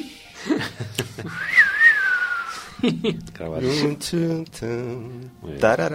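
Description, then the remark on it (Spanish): Someone whistles a short western film theme, a thin high melody that rises and then slides downward for about a second, followed by a person talking at length. “Bueno, yo silbo muy mal, ¿no? Pero solamente con escuchar ese silbido, ya todo el mundo...”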